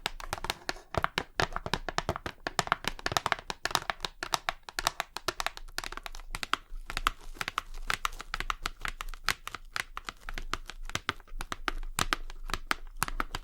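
Rapid, irregular tapping fills the whole thirteen seconds, dense clusters of sharp clicks with brief gaps between bursts. The taps are crisp and bright, some louder than others, with a faint low hum underneath and a slight crinkling texture throughout.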